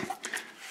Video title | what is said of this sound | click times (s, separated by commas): Springfield Armory M1A Scout Review | you have to rock it back and forth, and then it locks in place just like that. | 0.2 s